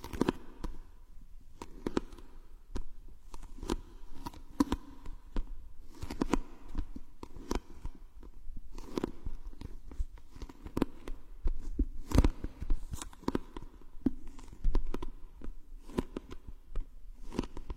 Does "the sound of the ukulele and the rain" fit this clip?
no